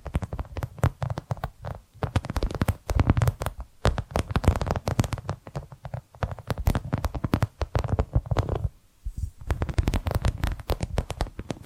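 Tapping and scratching sounds come in quick, dense bursts of sharp, crisp clicks, with a soft low thud under many of them. The rhythm is busy and uneven, broken by brief pauses around two, six and nine seconds before the tapping resumes.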